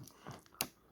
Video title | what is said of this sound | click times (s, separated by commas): Montage du kit Tamiya Mud Mad 1/24 Comical Série - Partie 04 - Assemblage du train arrière | voilà nous avons entendu clips et là on va mettre le | 0.6 s